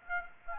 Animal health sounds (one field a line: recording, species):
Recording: mosquito wingbeat signal from an infrared sensor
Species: Aedes aegypti